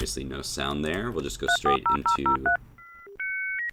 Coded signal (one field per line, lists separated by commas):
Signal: DTMF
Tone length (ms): 120 ms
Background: speech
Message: 340003